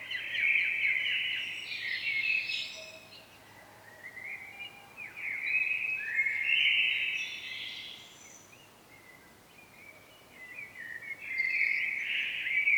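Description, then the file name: Common blackbird singing, three bursts of rich warbled phrases with squeaky twitters mixed in, separated by short pauses, over steady low hiss. "Turdus merula"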